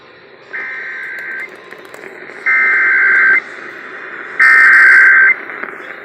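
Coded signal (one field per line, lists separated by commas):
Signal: Emergency Alert System (SAME) tones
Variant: header bursts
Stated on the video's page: Severe thunderstorm warning received on a Sangean CL-100 radio, relayed by broadcast FM stations.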